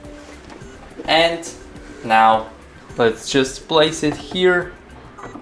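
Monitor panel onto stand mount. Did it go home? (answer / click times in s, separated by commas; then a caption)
no / none. An MSI G242L gaming monitor panel is being placed onto its stand mount after it did not go in on the first try, while someone talks over faint background music. Nothing has seated or clicked yet; the clip ends just before the panel is pushed in.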